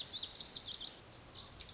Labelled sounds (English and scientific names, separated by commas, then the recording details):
Lazuli Bunting (Passerina amoena)
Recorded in Sonoma County, California